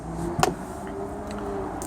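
The manual lock drive of a Mercedes SLK Vario retractable hardtop roof is turned anti-clockwise by hand, and a sharp click is heard at 0.4 s as the locking mechanism locks in. A much fainter tick follows at 1.8 s over a steady low background hum. The roof lock is seated.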